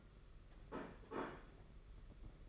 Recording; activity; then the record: daily activity, microphone in the room; place plate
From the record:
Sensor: 4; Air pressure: 992.6 hPa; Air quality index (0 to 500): 134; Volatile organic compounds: 56 ppm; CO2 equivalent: 3367 ppm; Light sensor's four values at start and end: 19/65/24/25 and 19/65/24/25